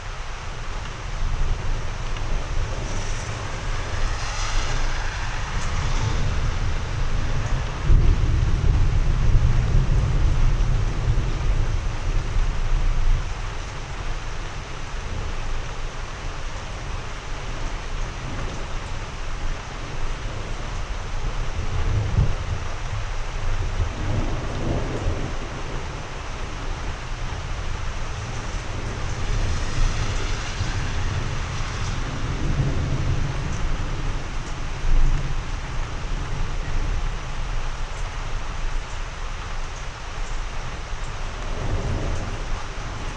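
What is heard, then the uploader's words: A slow thunderstorm rolls on over East Texas, with steady rain hiss filling every moment. Low thunder rumbles swell and fade, heaviest from about seven to thirteen seconds, with softer rolls returning near twenty-five, thirty-two and forty-two seconds. Slow rolling thunderstorm in the East Texas region. Texas Thunderstorm.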